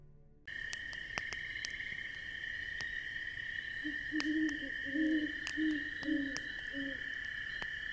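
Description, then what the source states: Owl hooting, a series of low hoots from about four seconds in, over steady insect trills and the crackle and pop of a campfire. Owl heard hooting in the distance at night beside a crackling campfire on a crisp autumn evening in the Midwest.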